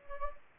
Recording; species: mosquito wingbeat signal from an infrared sensor; Anopheles gambiae